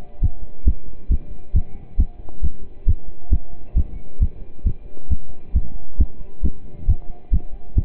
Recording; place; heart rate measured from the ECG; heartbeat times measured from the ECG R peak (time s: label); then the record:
heart sounds by stethoscope; between the tricuspid and mitral areas; 135 bpm
0.22 s: heartbeat
0.66 s: heartbeat
1.10 s: heartbeat
1.54 s: heartbeat
1.99 s: heartbeat
2.43 s: heartbeat
2.87 s: heartbeat
3.32 s: heartbeat
3.76 s: heartbeat
4.21 s: heartbeat
4.65 s: heartbeat
5.10 s: heartbeat
5.55 s: heartbeat
5.99 s: heartbeat
6.44 s: heartbeat
6.88 s: heartbeat
7.32 s: heartbeat
7.77 s: heartbeat
From the record:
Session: pedaling a stationary bicycle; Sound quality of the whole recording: partially saturated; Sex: male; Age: 27 years